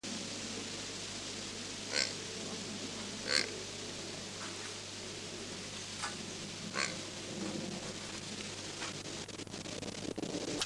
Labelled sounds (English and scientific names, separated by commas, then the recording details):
Arabian Oryx (Oryx leucoryx) call
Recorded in captivity
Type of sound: call
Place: Tierpark Berlin, Berlin, DE
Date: 2006-09-14 15:30
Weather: sunny, 25°C
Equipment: Grundig CR 110, Sennheiser ME 80, Kopie Uher 4000 Report Monitor
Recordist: Tembrock, Günter
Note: Arabische Oryx (Gazella oryx leucorys): Kurzlaute. Netzbrummen